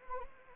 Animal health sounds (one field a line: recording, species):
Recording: mosquito wingbeat signal from an infrared sensor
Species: Anopheles arabiensis